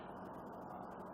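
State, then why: Not seated. The two metal halves of a snap clasp on an Ankara fabric bag are handled and brought together to be clipped. Only a steady, even background hum with faint light ticking is heard, and no sharp sounds stand out. The clasp has not clicked or seated yet.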